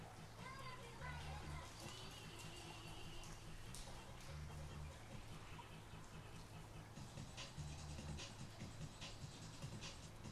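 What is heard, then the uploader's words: Ambience under a canal bridge, with music playing: a steady low bass line repeats in short, regular phrases beneath a dense, even wash of city noise. Faint voices and brief bright chirps come and go, especially in the first few seconds. Sounds of under the bridge just a bit up from the pirate club on the Regent's Canal, and some music.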